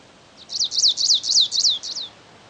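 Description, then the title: Stripe-tailed yellow finch singing a quick, even run of several high, looping notes, each rising then sliding down. Nominate subspecies, Sicalis citrina citrina. "LuckyPassaro Completos2Sama. Stripe-tailed Yellow Finch"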